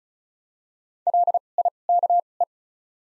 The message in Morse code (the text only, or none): LIKE